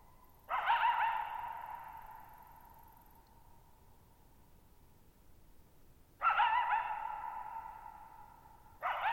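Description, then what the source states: Coyote barking, two harsh barks several seconds apart, each trailing off in a long echoing fade, and a third beginning at the end. Lone coyote vocalizing for nearly 50 minutes, night of July 14, 2019, Thirtymile Meadows, Okanogan National Forest, Okanogan High Country, Pacific Northwest, 6400 ft (1950 m); high dry plateau, shallow-bowl meadow.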